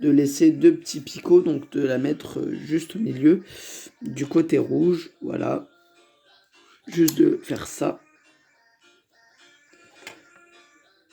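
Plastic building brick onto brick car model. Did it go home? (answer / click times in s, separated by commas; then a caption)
yes / 10.1 s. A plastic brick piece is pressed onto the studs in the middle of the red side of a brick-built Ferrari F40 car model. Someone talks, then after a quiet pause a short snap is heard at 10.1 s as the brick seats onto the studs and fits together perfectly.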